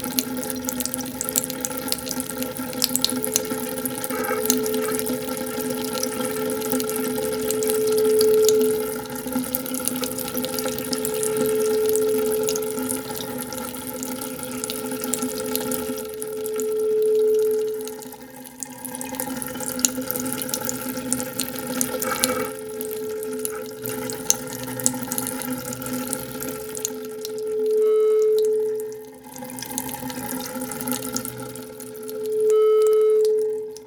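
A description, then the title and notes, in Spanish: Flowing water runs steadily through the whole recording, a dense rushing wash with a constant low hum beneath it. Every few seconds a clear sustained tone rises and fades, around 8, 12, 17, 28 and 33 seconds, and the flow thins briefly near 19 and 29 seconds. La pieza está compuesta por una serie de registros realizados en diferentes localidades de la zona andina del Perú. Como la zona arqueológica de Tipón en el Cusco, donde se registraron una serie de texturas sonoras en un espacio dedicado al culto al agua. Para el registro se utilizaron distintos tipos de grabadoras y micrófonos.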